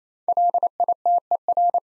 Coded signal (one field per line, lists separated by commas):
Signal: Morse code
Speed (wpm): 27 wpm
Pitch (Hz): 700 Hz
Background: none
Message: LITER